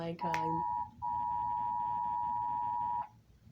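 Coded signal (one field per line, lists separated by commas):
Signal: Emergency Alert System (SAME) tones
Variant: 853 and 960 Hz attention tone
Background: speech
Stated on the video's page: Recorded EAS test; the tones were not loud.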